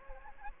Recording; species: mosquito wingbeat signal from an infrared sensor; Anopheles gambiae